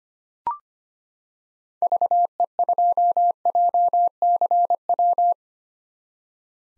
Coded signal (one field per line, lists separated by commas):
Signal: Morse code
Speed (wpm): 25 wpm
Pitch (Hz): 700 Hz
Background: none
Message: VE2JCW